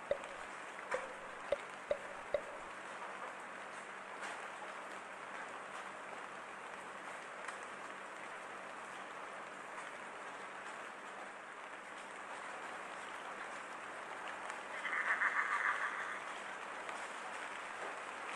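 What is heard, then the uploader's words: Steady, dense rain falls outside a barn at night, a constant hiss that barely changes. In the first two or three seconds a few sharp knocks or taps stand out, and around fifteen seconds a brief louder, brighter rush swells over the rain and fades. Outside Barn on Rainy Night w/ Horses Running Around Scared.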